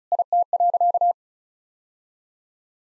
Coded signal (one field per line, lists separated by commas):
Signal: Morse code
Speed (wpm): 36 wpm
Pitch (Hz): 700 Hz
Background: none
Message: IT.